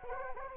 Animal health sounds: mosquito wingbeat signal from an infrared sensor; Anopheles arabiensis

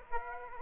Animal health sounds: mosquito wingbeat signal from an infrared sensor; Aedes aegypti

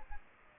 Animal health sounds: mosquito wingbeat signal from an infrared sensor; Aedes aegypti

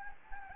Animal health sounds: mosquito wingbeat signal from an infrared sensor; Anopheles gambiae

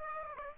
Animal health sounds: mosquito wingbeat signal from an infrared sensor; Aedes aegypti

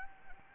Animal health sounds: mosquito wingbeat signal from an infrared sensor; Anopheles arabiensis

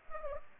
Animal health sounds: mosquito wingbeat signal from an infrared sensor; Anopheles arabiensis

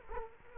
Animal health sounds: mosquito wingbeat signal from an infrared sensor; Culex quinquefasciatus

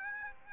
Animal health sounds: mosquito wingbeat signal from an infrared sensor; Aedes aegypti

